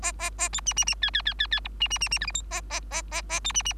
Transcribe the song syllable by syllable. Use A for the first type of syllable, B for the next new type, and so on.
A A A B C C C D D D D D E C C C C F G H A A A A A B C C